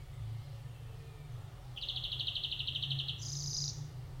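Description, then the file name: European greenfinch giving a single rapid rattling trill, then a higher buzzy wheeze, after a quiet start with low rumbling background. "Chloris chloris"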